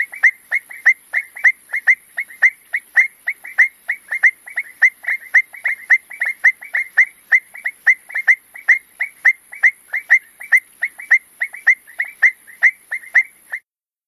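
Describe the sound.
Frog producing a steady stream of quick, sharp clicking notes, several per second, with a soft high-pitched hiss throughout, ending abruptly.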